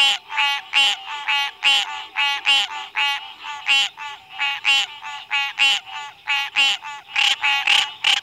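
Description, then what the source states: Green tree frog calls in an uneven run of many short, harsh, rattling notes, with no other sounds. Two males alternate advertisement calls, then one suddenly switches to aggressive calls, a series of rattling chirrs.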